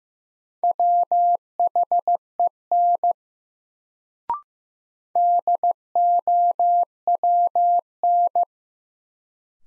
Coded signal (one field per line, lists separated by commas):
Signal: Morse code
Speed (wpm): 15 wpm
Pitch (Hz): 700 Hz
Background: none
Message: WHEN DOWN